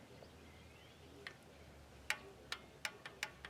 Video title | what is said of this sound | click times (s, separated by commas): Kohler Command Fuel Pump Replacement | And you can hear it click. | 2.1 s